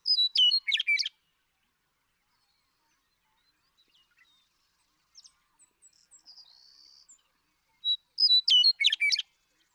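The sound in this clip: Western meadowlark song: a rapid burst of clear whistles and gurgling notes lasting about a second, repeated after a quiet gap, with faint softer notes between.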